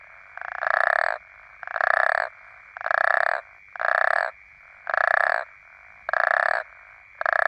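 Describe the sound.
African common toad call: long loud rasping snores, each under a second, repeated steadily about once a second with a constant faint high hum behind.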